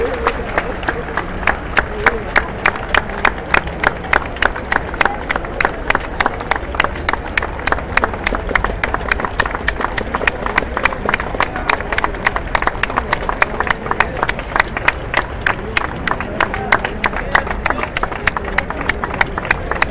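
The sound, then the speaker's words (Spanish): A large crowd at a student and teachers' march and rally in Chiapas on 2 October claps together for a minute in a steady, rhythmic beat, the sharp synchronized claps repeating evenly and loudly for the whole stretch over a murmuring background. “Compañeros, iniciamos un minuto de aplausos por todos nuestros compañeros caídos.”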